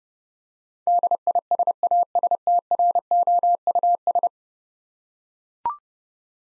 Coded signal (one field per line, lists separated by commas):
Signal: Morse code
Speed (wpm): 31 wpm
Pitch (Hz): 700 Hz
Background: none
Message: DISASTROUS